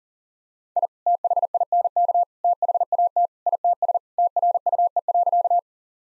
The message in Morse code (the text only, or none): I THINK THAT ITS TRUE.